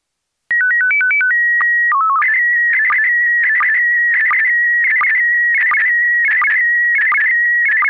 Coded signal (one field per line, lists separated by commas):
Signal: SSTV (slow-scan television)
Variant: PD 90